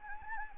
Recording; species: mosquito wingbeat signal from an infrared sensor; Anopheles arabiensis